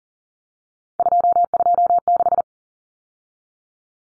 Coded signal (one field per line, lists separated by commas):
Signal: Morse code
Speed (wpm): 40 wpm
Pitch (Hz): 700 Hz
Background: none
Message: 226